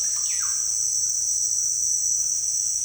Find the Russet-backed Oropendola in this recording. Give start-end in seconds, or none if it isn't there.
0.00-0.58